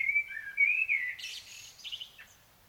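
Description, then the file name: Common blackbird song: a smooth, fluting warble dipping and rising, ending in a hoarse, high, squeaky flourish. "Turdus merula"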